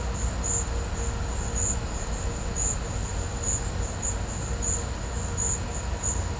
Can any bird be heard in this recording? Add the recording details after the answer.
no. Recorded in pastures near Puerto Asís, Putumayo, Colombia, on 20 December 2024 at 14:30. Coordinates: 0.502, -76.324. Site G077